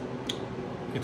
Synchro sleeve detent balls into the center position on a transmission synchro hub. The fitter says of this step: when you when you push this slightly it clicks that's that's the row of the balls it clicks right in the center